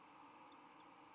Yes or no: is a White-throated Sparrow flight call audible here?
no